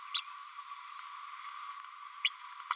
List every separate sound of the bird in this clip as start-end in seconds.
0.14-0.20, 2.24-2.30, 2.70-2.74